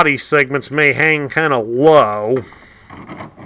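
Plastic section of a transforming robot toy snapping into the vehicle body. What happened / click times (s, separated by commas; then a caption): A plastic part is handled, but nothing has seated yet / none. Someone talks about a low-hanging plastic section of a Transformers Earthrise Trailbreaker transforming robot toy while handling it, followed by quiet handling noises near the end. The section is being worked toward snapping into the vehicle body, but nothing has seated or clicked yet.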